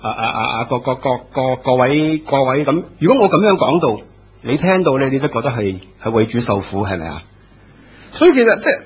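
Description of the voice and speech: A man imitates stuttered Cantonese speech, acting out how a sermon preached by a person who stutters would sound. Rapid repeated syllables and prolonged sounds come at the starts of phrases.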